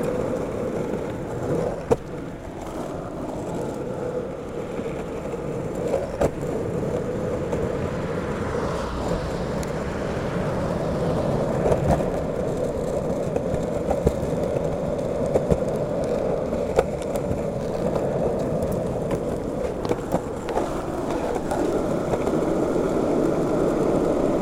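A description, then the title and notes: Skateboard wheels roll steadily along a smooth, flat bike path, producing a continuous low rumble with a mid-pitched hum that holds nearly constant throughout. Small clicks and knocks break through every few seconds, near 2, 6, 12 and 17 seconds. Skateboarding Serenity on the Bike Path. Skate along a shared-use bike path that offers a smooth and flat surface.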